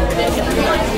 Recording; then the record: background sound without coughing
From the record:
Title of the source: Nightlife Party Simulating Party Club Noise 1 Hour